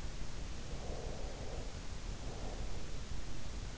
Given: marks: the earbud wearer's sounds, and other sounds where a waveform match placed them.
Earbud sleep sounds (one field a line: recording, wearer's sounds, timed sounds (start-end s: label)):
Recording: sounds in sleep by an in-ear microphone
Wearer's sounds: breath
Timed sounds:
0.67-3.22 s: breath